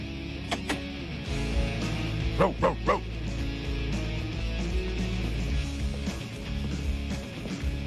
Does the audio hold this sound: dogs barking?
yes